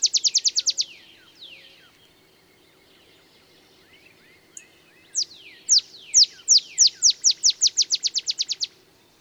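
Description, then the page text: Olive sparrow singing: a quick burst of bright chips, a few softer notes, then a series of crisp downslurred notes accelerating like a bouncing ball. Male singing in early morning in Texas, 50 miles north of the Mexican border; simple songs reminiscent of a field sparrow's bouncing-ball song, though less mellow and melancholy. "Birdsong for the Curious Naturalist. Olive sparrow"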